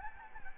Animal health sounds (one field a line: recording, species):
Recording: mosquito wingbeat signal from an infrared sensor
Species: Anopheles gambiae